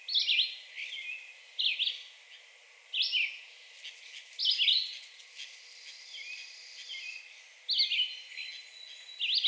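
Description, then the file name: Red-eyed Vireo singing short whistled phrases separated by pauses, over steady background noise and a faint high hum. Recorded 2 June 2020. "2020-06-02 Red-eyed Vireo"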